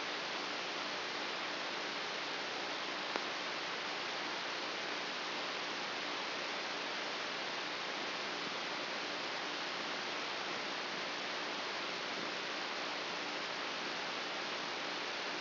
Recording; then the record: brain microelectrode recording played as sound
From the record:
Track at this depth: inside the subthalamic nucleus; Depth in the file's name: 1.956 mm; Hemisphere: left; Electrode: 2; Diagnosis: Parkinson's disease